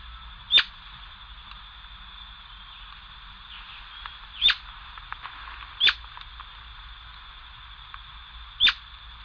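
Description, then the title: Atlantic royal flycatcher giving four single sharp notes at irregular intervals, with a steady high-pitched drone running beneath. "LuckyPassaro Completos2Sama. Atlantic Royal Flycatcher (Onychorhynchus swainsoni)"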